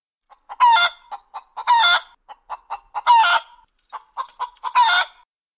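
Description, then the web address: Chicken calling: four loud, harsh, squawking notes, interspersed with soft short clucks between them. Single calls. "bird chicken single calls"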